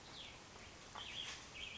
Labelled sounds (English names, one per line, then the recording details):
Cassin's Vireo
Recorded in Sonoma County, California